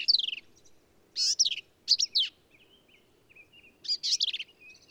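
Black-capped vireo giving rapid, chattering phrases of high, slurred and buzzy notes, four short bursts with brief pauses, soft thin notes in the gaps.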